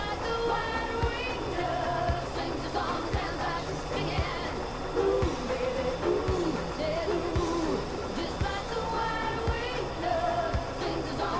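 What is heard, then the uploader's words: Inside an F-14 Tomcat cockpit, a steady, dense roar runs unbroken for the whole stretch with a low hum underneath. Short wavering tones and faint voice-like fragments drift in and out over it, and scattered clicks and thumps recur every second or so. Flying an F-14 Tomcat with Maverick and Iceman || Top Gun Ambience. Cockpit of an F-14 Tomcat cruising the blue skies.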